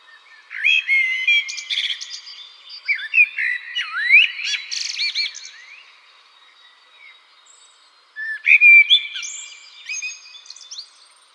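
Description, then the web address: Eurasian blackbird song: fluting whistled phrases sliding up and down, mixed with higher scratchy notes, then a pause before another phrase. "Schulze Peter Eurasian Blackbird song"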